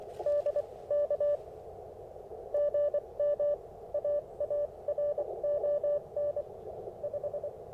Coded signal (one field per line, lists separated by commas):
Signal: Morse code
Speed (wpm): 25 wpm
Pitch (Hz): 590 Hz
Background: radio noise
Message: DK GM AARON 5